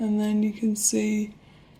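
A strap end is being slid into the band slot on an Apple Watch Series 4 case while someone talks, with a voiced tone and a brief hiss near 0.8 s. The strap is meant to lock in with a click, which the instructions say to wait for, but nothing has seated or clicked yet when the clip ends.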